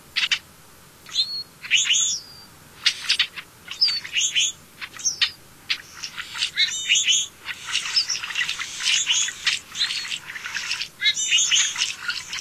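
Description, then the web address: Brewer's blackbird song: a busy stream of scratchy, squeaky chips and harsh, wheezy notes that grows denser toward the end. "Songs of Birds of North America Stokes. Brewers Blackbird"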